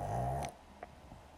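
A single loud, low, rumbling rattle lasts about half a second, then fades to quiet room noise with a few faint clicks. It is a dog snoring, a rough, growl-like breath sound during sleep.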